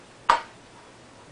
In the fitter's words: is snapped in place and